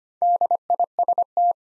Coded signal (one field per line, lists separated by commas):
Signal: Morse code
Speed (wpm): 25 wpm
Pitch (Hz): 700 Hz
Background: none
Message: DIST